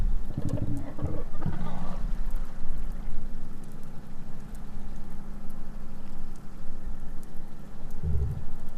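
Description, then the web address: Minke whale with a rough pulsed call in the first two seconds and a single deep thump near the end, set against continuous low underwater hum. "Minke Vocalisations. wilderness songs"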